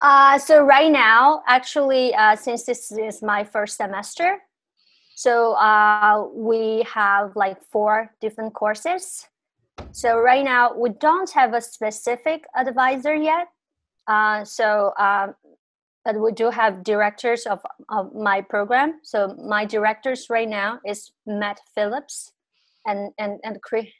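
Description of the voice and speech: An adult woman, born and raised in China, speaks in English with frequent stretched vowels and drawn-out filler sounds. Pauses break up her phrases, and brief sound and word repetitions come near the end. These fit mild stuttering with prolongations and repetitions; her stuttering began at about 5-6 years old and became much worse after bullying in eighth grade.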